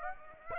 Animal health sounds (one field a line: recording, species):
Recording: mosquito wingbeat signal from an infrared sensor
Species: Aedes aegypti